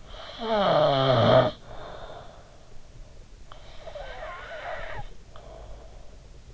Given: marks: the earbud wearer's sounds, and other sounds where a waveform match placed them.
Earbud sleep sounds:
sounds in sleep by an in-ear microphone; snoring breath
0.22-2.49 s: snoring breath
3.83-6.30 s: snoring breath

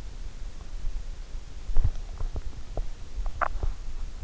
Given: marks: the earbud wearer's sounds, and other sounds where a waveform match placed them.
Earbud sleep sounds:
sounds in sleep by an in-ear microphone; teeth grinding
2.63-3.72 s: teeth grinding

